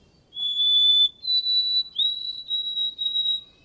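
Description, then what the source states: White-throated Sparrow song: a long pure whistled note, a second slightly higher note, then several short wavering phrases on a steady pitch, in quiet surroundings. Classic longer song recorded in the early 1950s: two long pure notes then three triplet groups.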